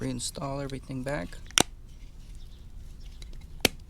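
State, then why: Seated. Front suspension strut top bearing and mount parts are pressed back together into the strut assembly while someone talks. A sharp, loud snap at 3.6 s marks the parts seating back into place, with a fainter transient near 1.6 s and small ticks around it.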